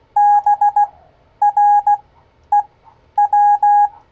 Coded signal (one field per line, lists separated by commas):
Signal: Morse code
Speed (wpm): 16 wpm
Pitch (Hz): 820 Hz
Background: none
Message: BREW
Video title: Ham Radio Live! #HRL 170 QSL Cards NEEDED 4 Brazilian Scouts SEE Description! Kenwood 590 Review Pt2